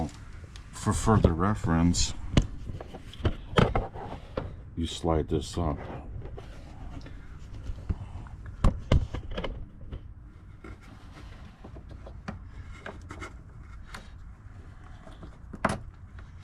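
A replacement vacuum check valve is slid up toward its mounting bracket on a 2018 Ford F-150 Platinum 4x4 pickup truck, fitted along with a solenoid to fix a grinding noise. Someone talks over scattered sharp plastic taps and knocks from the handling. Nothing has seated or clicked yet.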